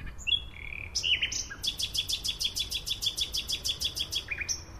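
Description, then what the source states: Common Nightingale song beginning with varied whistles and slurred notes, then a long rhythmic burst of repeated loud pulsed notes, closing with a high whistle. Male singing at night in early spring in Berlin's Tiergarten near oak trees, just arrived from West Africa, getting his chops up for the mating season; will fly on to Scandinavia, wintering in West Africa.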